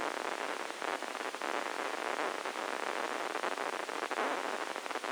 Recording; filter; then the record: brain microelectrode recording played as sound; spike band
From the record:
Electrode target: subthalamic nucleus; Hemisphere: left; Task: reaching with the right hand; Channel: 1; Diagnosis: Parkinson's disease